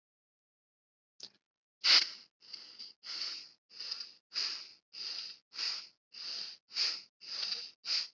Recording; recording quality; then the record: shallow breathing; excellent, no background noise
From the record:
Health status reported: healthy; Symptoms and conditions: none ticked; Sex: male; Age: 22 years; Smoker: not ticked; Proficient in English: yes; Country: India